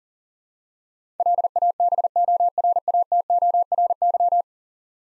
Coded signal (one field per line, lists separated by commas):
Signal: Morse code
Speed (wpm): 37 wpm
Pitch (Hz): 700 Hz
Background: none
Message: LABORATORY